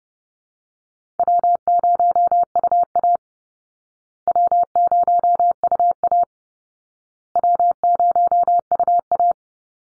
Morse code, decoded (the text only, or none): W0UA W0UA W0UA